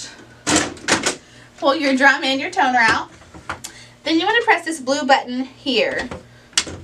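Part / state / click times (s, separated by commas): laser toner cartridge in drum unit / released / 6.6 s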